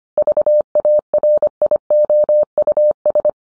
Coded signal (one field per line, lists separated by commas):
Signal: Morse code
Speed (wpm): 25 wpm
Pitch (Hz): 600 Hz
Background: none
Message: VARIOUS